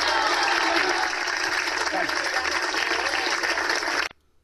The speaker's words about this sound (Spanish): Como acaban de escuchar, mis queridos radioespectadores, el general Pinochet aquí sale con aplausos, victoriado, diciendo que su nombre era algo grande